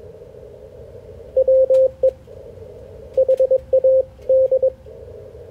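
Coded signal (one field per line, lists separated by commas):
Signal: Morse code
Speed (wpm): 21 wpm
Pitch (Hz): 520 Hz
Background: none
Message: WE HAD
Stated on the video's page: HF Morse code ragchew between oldtimers on a Sunday morning.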